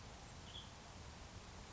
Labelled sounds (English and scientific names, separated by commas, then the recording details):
Western Tanager (Piranga ludoviciana)
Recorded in Sonoma County, California